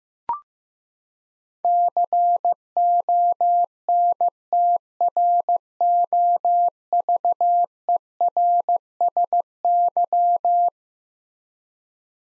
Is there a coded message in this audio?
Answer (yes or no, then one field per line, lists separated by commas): yes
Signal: Morse code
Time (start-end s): 1.6-10.7 s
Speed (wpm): 15 wpm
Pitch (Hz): 700 Hz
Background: none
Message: CONTROVERSY